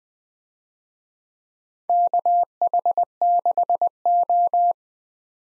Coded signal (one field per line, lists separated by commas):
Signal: Morse code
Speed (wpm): 20 wpm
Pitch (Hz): 700 Hz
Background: none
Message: KH6O